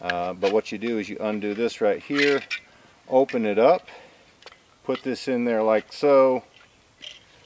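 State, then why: Seated. Someone talks while opening a folding bow saw and fitting the blade into it, then pushes the frame arm forward until it locks into its open position. A short, sharp click is heard at about 7.1 seconds as the frame locks into place.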